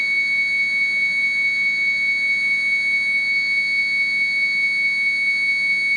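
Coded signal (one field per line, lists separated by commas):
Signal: 300-baud modem data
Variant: Bell 103, 300 baud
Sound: continuous steady high-pitched tone around 2.2 kHz with faint hum and noise underneath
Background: room noise, hum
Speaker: I'm gonna flip to originate and we're gonna use the rotary phone to dial in to the to the tell tone and see if we could get the computer to answer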